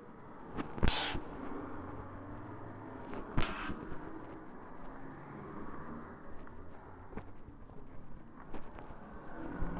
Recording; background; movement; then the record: deep breathing; traffic; walking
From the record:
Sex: female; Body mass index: 18.8 kg/m2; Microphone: on the chest, facing the body